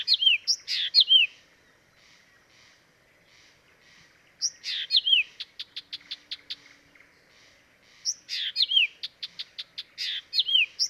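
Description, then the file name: Blyth's reed warbler song in three bursts of swooping whistled slurs and rapid ticking notes, separated by short quiet gaps. Dviete. "dviete acrocephalus dumetorum"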